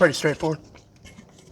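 Small plastic retaining clips on the coolant lines of a 2008 GMC Acadia are handled during engine/transmission installation from the top, ready to be snapped back into place. Someone talks over the first half-second, followed by quiet handling noise and faint soft ticks. Nothing has seated or clicked yet.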